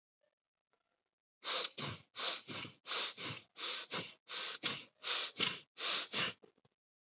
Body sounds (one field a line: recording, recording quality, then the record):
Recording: shallow breathing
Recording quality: excellent, no background noise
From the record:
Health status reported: healthy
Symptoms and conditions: fatigue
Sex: male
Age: 39 years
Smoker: not ticked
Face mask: not worn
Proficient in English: yes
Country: India